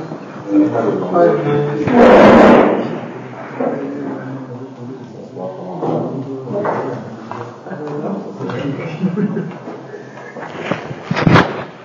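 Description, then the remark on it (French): A chair is carried to the front and set down with a loud clattering scrape, then a sharper knock near the end, while people talk throughout. “Prends ta chaise, tu amènes ici devant.”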